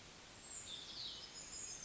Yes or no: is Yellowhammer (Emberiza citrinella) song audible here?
no